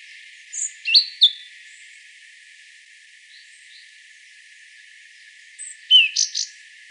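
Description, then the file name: European robin with a short phrase of high whistled and sliding notes, a long pause with faint twitters, then another high, tinkling phrase. "Erithacus rubecula"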